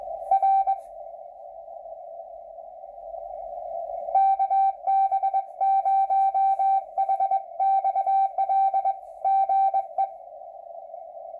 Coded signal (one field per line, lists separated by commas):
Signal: Morse code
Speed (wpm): 21 wpm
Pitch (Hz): 780 Hz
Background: radio noise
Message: R KB0HXL GE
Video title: Minnesota Section Net, 10/26/2020 (Morse Code)